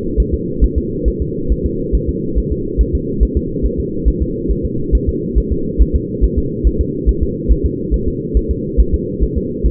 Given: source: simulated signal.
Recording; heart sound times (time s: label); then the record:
fetal heart sounds
0.20 s: S1
0.34 s: S2
0.64 s: S1
0.78 s: S2
1.08 s: S1
1.22 s: S2
1.52 s: S1
1.66 s: S2
1.95 s: S1
2.09 s: S2
2.38 s: S1
2.52 s: S2
2.81 s: S1
2.95 s: S2
3.23 s: S1
3.37 s: S2
3.66 s: S1
3.80 s: S2
4.08 s: S1
4.22 s: S2
4.51 s: S1
4.65 s: S2
4.95 s: S1
5.09 s: S2
5.38 s: S1
5.52 s: S2
5.81 s: S1
5.96 s: S2
6.24 s: S1
6.38 s: S2
6.67 s: S1
6.81 s: S2
7.09 s: S1
7.23 s: S2
7.52 s: S1
7.66 s: S2
7.94 s: S1
8.08 s: S2
8.37 s: S1
8.51 s: S2
8.80 s: S1
8.94 s: S2
9.23 s: S1
9.38 s: S2
9.66 s: S1
From the record:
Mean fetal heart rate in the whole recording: 140 bpm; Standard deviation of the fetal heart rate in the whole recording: 2 bpm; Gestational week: 34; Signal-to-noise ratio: -6.6 dB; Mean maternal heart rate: 72 bpm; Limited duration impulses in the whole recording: present